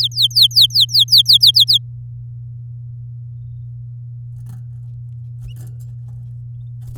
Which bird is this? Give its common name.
Domestic Canary